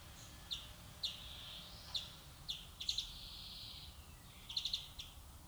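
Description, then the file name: European greenfinch calls, short sharp high notes given singly or in quick doublets and triplets about every second, over steady background hiss. "Chloris chloris"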